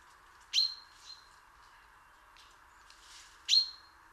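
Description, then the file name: Common chaffinch giving two sharp call notes about three seconds apart, each a quick downward flick settling into a short steady whistle, with fainter notes between and a steady background hiss. "Fringilla coelebs"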